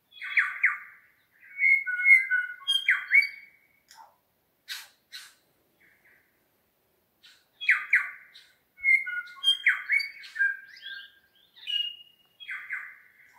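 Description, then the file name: New Zealand bellbird song, several ringing, bell-like phrases with sliding notes and short clicks, delivered in clusters with pauses between, one brief buzzy burst midway. More than one bellbird singing in the Craigieburn Range, New Zealand. "New Zealand Bellbirds (Anthornis melanura) singing in Craigieburn Range"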